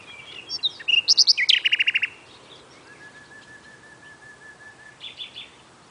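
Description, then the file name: Common nightingale song opening with a loud rattling series of repeated notes, then a long pure steady whistle and a soft final trill. "Luscinia megarhynchos"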